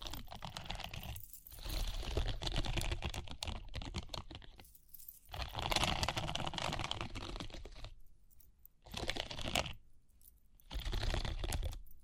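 Dense bursts of tapping and scratching with bright jingling clicks come in four stretches, separated by short silences near 1, 5, 8 and 10 seconds.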